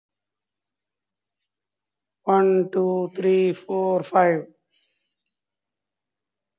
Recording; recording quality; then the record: counting at a normal pace; poor, much background noise or distortion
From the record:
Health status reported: COVID-19 positive, moderate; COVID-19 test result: positive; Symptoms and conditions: cough, cold, breathing difficulty, sore throat, fever, fatigue, diabetes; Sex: male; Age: 45 years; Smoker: not ticked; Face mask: worn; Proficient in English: yes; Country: India